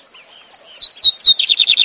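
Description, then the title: Lined seedeater song: a few clear high whistled slurs, then a fast buzzy rattling trill over steady rushing water noise. Teacher bird used to train song, singing live with a waterfall. "Novo Canto de Bigodinho. Bigode Gavião negro professor de canto cantando ao vivo com cascata!"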